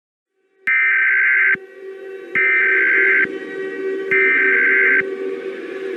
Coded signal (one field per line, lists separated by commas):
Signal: Emergency Alert System (SAME) tones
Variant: header bursts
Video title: EAS Scenario - The Ultimate Hurricane: REMASTERED